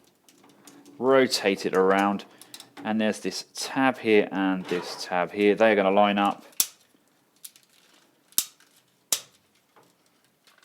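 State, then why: Seated. Someone talks while rotating the body of a plastic Spark Toys ST 01 Alpha Pack Transformers The War Within Optimus Prime action figure so two torso tabs line up with the body frame. Speech is followed by a series of sharp plastic clicks around 6.6, 7.5 and 8.4 seconds. The torso tabs lock into place with a final crisp click at 9.1 seconds.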